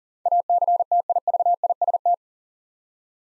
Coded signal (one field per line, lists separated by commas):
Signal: Morse code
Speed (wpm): 38 wpm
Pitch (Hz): 700 Hz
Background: none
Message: ACTIVIST